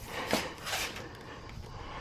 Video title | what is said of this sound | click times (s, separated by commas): AM Offroad Bronco Grille: What They Don't Tell You! | got it snapped into place oh | 0.3 s, 1.5 s